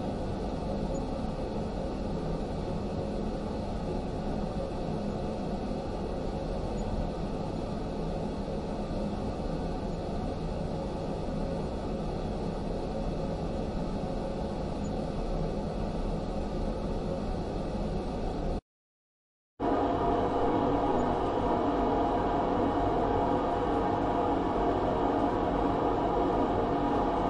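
A fan runs with a steady, dense whoosh that sits mostly in the low and middle range, with a faint higher hiss above it. The sound holds even throughout, stops abruptly for about a second near the 19-second mark, then resumes slightly louder.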